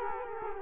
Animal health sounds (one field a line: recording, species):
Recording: mosquito wingbeat signal from an infrared sensor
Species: Culex quinquefasciatus